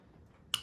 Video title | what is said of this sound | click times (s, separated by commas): How to disassemble and clean Sig P365 Magazine | like this back everything pops into place make | 0.5 s